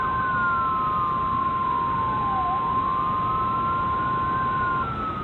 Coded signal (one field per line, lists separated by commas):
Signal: Emergency Alert System (SAME) tones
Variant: 1050 Hz attention tone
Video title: EAS MOCK | FFW-E for all of Hiwaii.